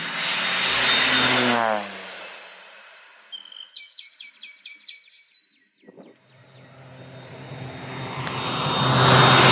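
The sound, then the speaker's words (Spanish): A small crop-dusting propeller plane, spraying pesticide on its third pass, roars past overhead, its engine pitch dropping as it fades. A bird chirps a quick run of tweets in the lull before the engine drone swells loud again. “Y ahí viene la avioneta que hace ya 10 minutos está pasando.”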